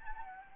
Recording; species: mosquito wingbeat signal from an infrared sensor; Anopheles gambiae